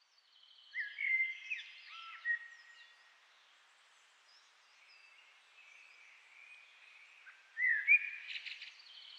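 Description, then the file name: Common blackbird song: a soft warbled phrase with high scratchy notes, a quiet stretch, then a louder fluted phrase ending in twitters. "Turdus merula"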